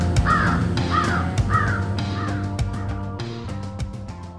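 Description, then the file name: Crow caws: three hoarse calls in the first two seconds over steady humming tones and soft clicks. "pioupiou corbeau"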